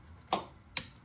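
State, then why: Seated. A replacement tailgate release switch for a GMC/Chevy truck's Multipro tailgate is pressed into its plastic opening in the tailgate handle housing. A softer knock sounds at 0.3 s, then a sharp, bright click at 0.8 s. The switch clicks into place and is seated.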